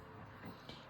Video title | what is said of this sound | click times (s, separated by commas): Power Window Regulator Replacement – Step by Step | You will feel a little click and then it should slide right off. | 0.7 s